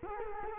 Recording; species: mosquito wingbeat signal from an infrared sensor; Culex quinquefasciatus